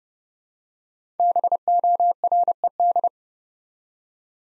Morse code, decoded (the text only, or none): BORED